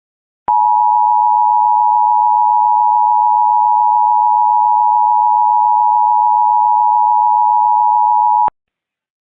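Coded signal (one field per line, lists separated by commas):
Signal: Emergency Alert System (SAME) tones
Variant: 853 and 960 Hz attention tone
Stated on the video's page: Amber Alert EAS tones for Maryland, captured from state police and WTOP audio.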